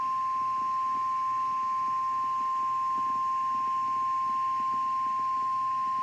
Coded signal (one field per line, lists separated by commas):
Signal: Emergency Alert System (SAME) tones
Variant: 1050 Hz attention tone